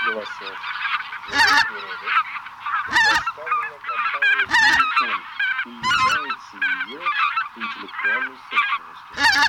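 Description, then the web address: Greater white-fronted goose: greater white-fronted geese chattering as a flock, dense overlapping high yelping honks and cackles, with some lower nasal notes, continuous throughout. Flock chatter of white-fronted geese, for an electronic hunting caller. "Белолобый базар Oche Lombardelle. chip mini gusiniy 5D dlya manka"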